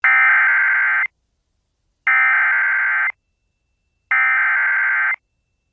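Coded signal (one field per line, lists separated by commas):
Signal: Emergency Alert System (SAME) tones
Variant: header bursts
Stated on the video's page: Valid alert tones for a severe thunderstorm warning in Cherry and Sheridan Counties, Nebraska.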